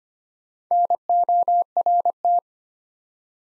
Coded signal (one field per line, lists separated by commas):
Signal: Morse code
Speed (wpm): 25 wpm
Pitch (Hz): 700 Hz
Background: none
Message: NORT